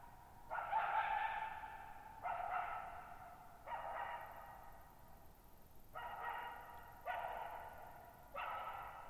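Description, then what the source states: Coyote barking repeatedly, six rough barks at uneven intervals of one to two seconds, each followed by a fading echo. Lone coyote at night, July 14, 2019, at Thirtymile Meadows, Okanogan National Forest, Okanogan High Country, Pacific Northwest, 6400 ft, in a bowl-shaped meadow over boggy ground.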